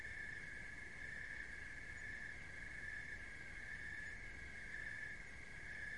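Crickets in a steady, high trilling band that swells faintly and repeatedly, with a low rumble of background noise underneath.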